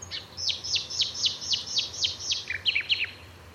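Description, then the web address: Bird call series: loud, high notes sweeping sharply downward, repeated about four times a second, ending in a few quicker notes of a different shape. "Bird Only"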